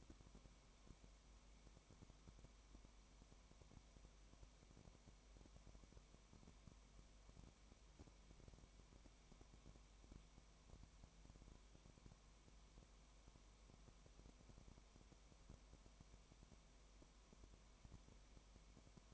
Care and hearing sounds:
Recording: daily activity, microphone in the room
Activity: no activity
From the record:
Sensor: 1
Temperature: 19.1 degrees Celsius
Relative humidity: 34.0%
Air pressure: 1001.3 hPa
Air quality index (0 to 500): 82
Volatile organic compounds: 1 ppm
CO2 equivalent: 819 ppm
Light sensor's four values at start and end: 1/2/1/1 and 1/2/1/1

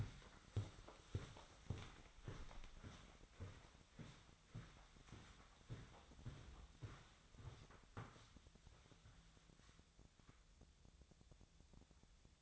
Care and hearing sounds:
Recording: daily activity, microphone in the room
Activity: walk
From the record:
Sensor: 3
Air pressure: 1009.3 hPa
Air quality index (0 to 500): 192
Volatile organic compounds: 4 ppm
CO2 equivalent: 1553 ppm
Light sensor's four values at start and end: 57/149/65/68 and 57/146/65/67

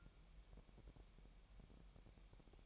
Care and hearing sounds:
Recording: daily activity, microphone in the room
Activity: take from stove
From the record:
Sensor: 1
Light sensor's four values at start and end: 75/177/76/81 and 75/177/76/81

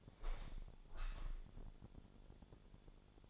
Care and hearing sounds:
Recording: daily activity, microphone in the room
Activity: open window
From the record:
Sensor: 5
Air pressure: 1000.6 hPa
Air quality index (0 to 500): 152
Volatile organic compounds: 2 ppm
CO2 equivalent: 1162 ppm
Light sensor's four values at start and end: 39/91/38/41 and 39/91/38/41

